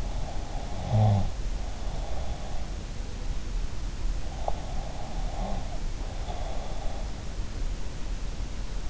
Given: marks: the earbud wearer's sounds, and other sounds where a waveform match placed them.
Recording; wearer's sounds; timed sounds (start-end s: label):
sounds in sleep by an in-ear microphone; snoring breath, breath
0.00-2.59 s: snoring breath
4.79-7.21 s: breath